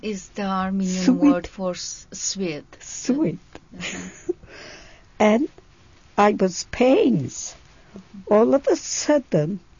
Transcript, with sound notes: is the Armenian word for sweet. ( she laughs )
And I was pains. All of a sudden